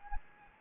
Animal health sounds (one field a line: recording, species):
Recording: mosquito wingbeat signal from an infrared sensor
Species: Anopheles gambiae